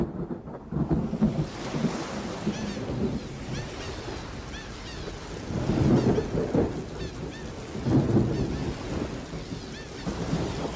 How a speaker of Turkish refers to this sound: Çok ıslanmışsın. Üşüteceksin. Yağmurda yıkanmak çok güzel.